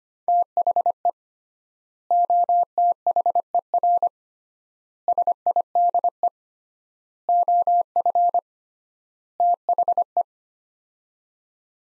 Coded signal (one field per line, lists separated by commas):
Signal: Morse code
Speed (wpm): 25 wpm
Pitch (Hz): 700 Hz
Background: none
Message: THE OTHER SIDE OF THE